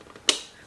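A plastic quick-connect hose shut-off valve is pushed down onto the head of a VEVOR 225GPH 2-stage aquarium canister filter, with two faint taps at 0.1 s and 0.2 s. A single sharp, bright click follows at 0.3 s. The valve is locked into place on the canister.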